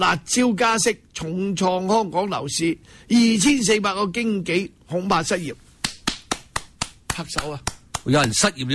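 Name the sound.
hand clapping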